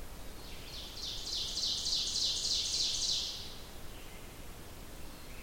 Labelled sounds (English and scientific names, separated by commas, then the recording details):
Ovenbird (Seiurus aurocapilla) song
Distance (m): 50 m
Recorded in boreal forest in Alberta, Canada, on 27 June 2016 at 05:54
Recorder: SongMeter 3, array SBT-6-79
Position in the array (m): 284 m, 39 m
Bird 39